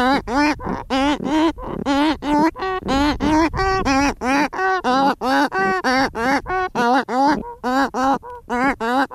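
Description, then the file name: Cory's shearwater producing a long rhythmic series of nasal, wavering wails, about one each second. Calls recorded at nests. "Cantos Cagarro Ninhos"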